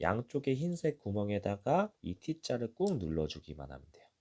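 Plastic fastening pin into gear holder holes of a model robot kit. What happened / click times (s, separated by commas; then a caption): The plastic pin is handled but has not clicked home yet / none. Someone talks while handling a small plastic "2t" fastening pin, about to press it firmly into the white holes beside the gears of a plastic model robot kit to fix the gear in place. The pin is handled but not yet home, and nothing has seated or clicked yet.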